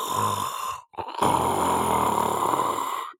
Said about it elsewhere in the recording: Why are snoring and sleep apnea so bad for you? You are stressing your body out at the exact time you need to help it heal and restore.